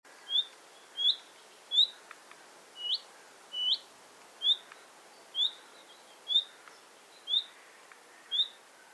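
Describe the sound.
Common nightingale call: a short, clear, upward-sliding whistle repeated many times at a steady pace, with faint background hiss and a few soft ticks.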